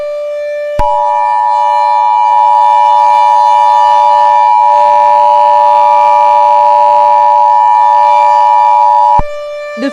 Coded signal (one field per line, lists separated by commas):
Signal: Emergency Alert System (SAME) tones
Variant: 853 and 960 Hz attention tone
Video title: EAS Scenario: War Against Ares and Evil Greek Gods